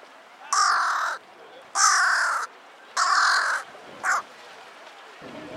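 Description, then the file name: Carrion Crow giving three long, hoarse caws at steady intervals, followed by a shorter clipped caw. "Corvus corone"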